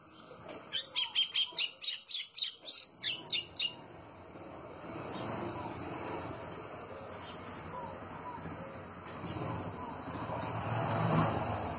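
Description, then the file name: White-throated seedeater giving a rapid volley of bright chirps for about three seconds, followed by a steady broad rushing noise. "canto do golinho"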